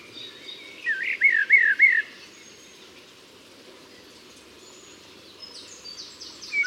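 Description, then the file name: Common blackbird with one rapid warbling, wavering phrase, then quiet, and faint high squeaks near the end. "Turdus merula"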